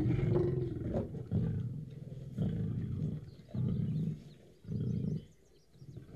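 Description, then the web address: Lion giving a series of several deep, throaty grunts. "лев"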